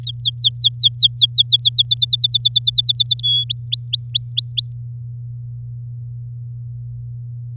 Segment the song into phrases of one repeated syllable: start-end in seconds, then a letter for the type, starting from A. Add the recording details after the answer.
0.02-1.94 A, 1.97-3.21 B, 3.23-3.44 C, 3.49-4.73 D. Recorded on 11 May 2018 at 08:09. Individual llb16